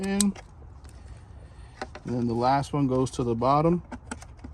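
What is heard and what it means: The last plastic wiring connector is handled at the bottom of an aftermarket AlphaRex tail light housing on a 2016–2022 third-generation Toyota Tacoma while someone talks. Faint plastic taps and handling ticks sound around 1.8–2.0 s and 4.1–4.5 s. Nothing has seated or clicked yet.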